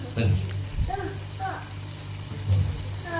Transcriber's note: child talking